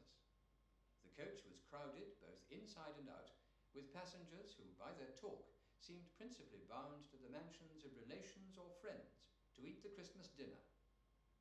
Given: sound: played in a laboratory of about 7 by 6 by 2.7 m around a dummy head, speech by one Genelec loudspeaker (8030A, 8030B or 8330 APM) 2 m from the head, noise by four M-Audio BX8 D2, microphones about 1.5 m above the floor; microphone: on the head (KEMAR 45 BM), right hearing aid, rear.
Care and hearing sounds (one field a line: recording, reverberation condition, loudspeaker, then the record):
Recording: male speech in English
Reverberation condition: medium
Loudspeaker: 150 degrees to the right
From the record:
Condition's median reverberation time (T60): about 510 ms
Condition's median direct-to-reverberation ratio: about -0.5 dB